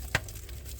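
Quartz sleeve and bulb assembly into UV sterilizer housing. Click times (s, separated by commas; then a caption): 0.1 s. A cleaned quartz glass sleeve and bulb assembly for an Eheim 350 UV sterilizer, which had a vinegar bath to remove alkaline buildup, is pushed back into the sterilizer housing. A sharp click at 0.2 s is followed by two fainter ticks over a low steady hum. The assembly seats into the housing.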